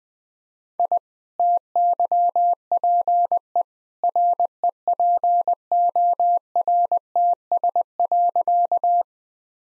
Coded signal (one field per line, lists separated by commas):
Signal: Morse code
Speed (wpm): 20 wpm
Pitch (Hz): 700 Hz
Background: none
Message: I TYPE REPORTS.